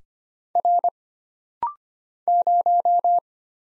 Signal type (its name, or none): Morse code